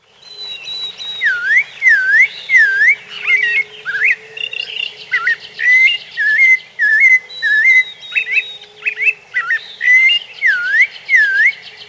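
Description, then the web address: Bird song: clear whistled V-shaped notes dipping and rising, given in quick phrases with twittering trills, repeated throughout in a quiet setting. "Peterson North American Birds"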